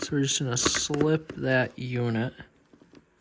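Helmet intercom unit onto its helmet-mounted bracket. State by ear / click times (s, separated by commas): not seated / none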